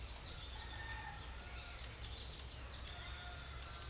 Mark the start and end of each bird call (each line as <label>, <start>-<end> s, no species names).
bird call, 0.00-1.28 s